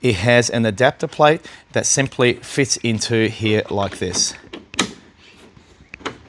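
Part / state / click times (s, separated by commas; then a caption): flexible hose adapter plate into air conditioner port / seated / 4.8 s, 6.1 s. Someone talks while fitting the plastic adapter plate at the end of a flexible hose into the port of a Cybertake S2 Pro portable air conditioner. Sharp clicks are heard at 4.8 s and 6.1 s as the plate clips securely into place.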